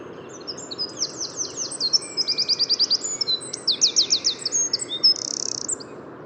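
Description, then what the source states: Eurasian wren singing a fast, energetic phrase of piercing high notes and dry trills, ending on a brief buzzy rattle, over faint steady background noise. Heard in the Bois de Vincennes on the morning of 6 April 2018.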